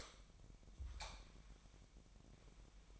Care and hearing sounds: daily activity, microphone in the room; light off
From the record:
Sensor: 1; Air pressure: 1012.0 hPa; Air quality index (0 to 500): 233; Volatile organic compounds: 6 ppm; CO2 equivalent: 1855 ppm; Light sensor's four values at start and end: 18/50/20/22 and 15/35/15/17

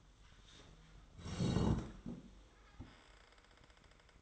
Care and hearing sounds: daily activity, microphone in the room; sit down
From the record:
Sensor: 3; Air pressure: 1005.1 hPa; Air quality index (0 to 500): 93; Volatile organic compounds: 3 ppm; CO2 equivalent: 1442 ppm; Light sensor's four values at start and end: 9/20/8/8 and 10/22/9/9

